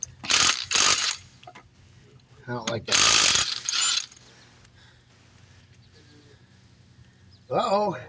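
A lug nut is run onto a wheel stud of a 2009 Chrysler Town & Country with a ratchet, making two bursts of loud, rapid ratcheting at about 0.2–1.1 s and 2.9–4.1 s, with someone talking in between and again at the end. Nothing seats or clicks; the nut's internal threads strip out.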